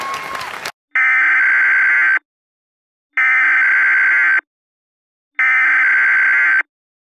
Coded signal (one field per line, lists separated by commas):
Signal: Emergency Alert System (SAME) tones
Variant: header bursts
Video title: Silent Blizzard - An EAS Scenario